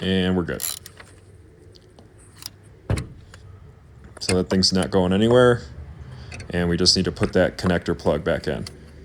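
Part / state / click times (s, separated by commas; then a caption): wiring connector plug onto ignition coil pack / not seated / none. Someone talks while handling the wiring connector plug, about to be pushed back onto the new ignition coil pack on a Nissan Frontier/Xterra engine. Short, light taps and clicks of handling are heard between the bursts of speech. Nothing has seated or clicked into place yet.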